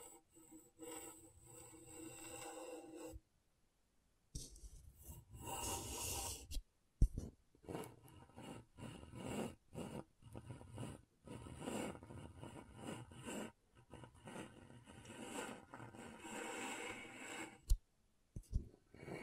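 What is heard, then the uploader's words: Scratching on a scratchboard comes in rough, hissy bursts of scraping, some with a faint whistling edge at the start. After a short pause near three seconds, dense strokes follow one after another, broken by brief silent gaps, with a sharp loud tick around seven seconds. ASMR Brain Tingling Scratchboard (No Talking).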